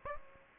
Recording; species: mosquito wingbeat signal from an infrared sensor; Aedes aegypti